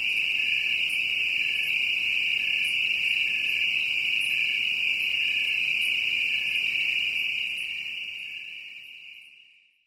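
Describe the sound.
Cricket chirping: a steady, high-pitched continuous trill with faint regular pulses, fading away over the last two seconds.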